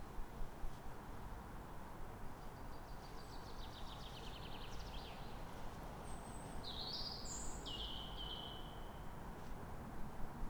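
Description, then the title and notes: Bird song, a buzzy trill followed by sharp high whistled notes and chirps, over continuous traffic roar. Calm morning, 3 May, Fresnes, Ile de France; background ring-road traffic. "Matin calme avec oiseaux. Fresnes, Ile de France. Mathias Arrignon"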